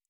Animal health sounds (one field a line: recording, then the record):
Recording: hydrophone in a shrimp aquaculture tank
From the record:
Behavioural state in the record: normal